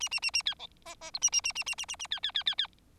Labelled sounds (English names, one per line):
Bengalese Finch song